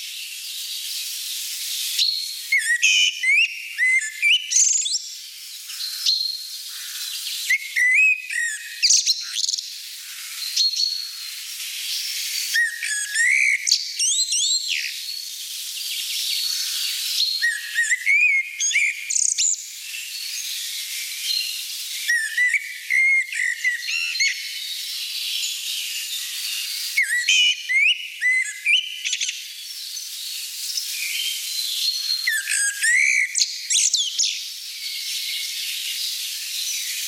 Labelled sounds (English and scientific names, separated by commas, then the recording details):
Common Blackbird (Turdus merula) song
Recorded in the wild
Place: St. Peter, Hochschwarzwald / Potsdamer Platz, Baden-Württemberg, DE
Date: 1991-06-09
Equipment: Dat-Recorder Casio DA 7, Telinga M2, stereo, Telinga-Parabolspiegel
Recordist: Schwarz, Dieter
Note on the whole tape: Song